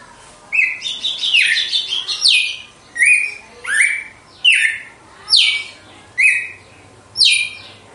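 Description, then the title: Red-cowled cardinal song: a quick chattering opening, then strong clear whistled phrases, some down-slurred and some level, repeated at a steady pace of about one per second. Female; song described as pure, strong, clean and measured 'açoite'. "Canto Galo Campina Fêmea 02. GALO DE CAMPINA, AÇOITE PURO, FORTE, LIMPO E COMPASSADO"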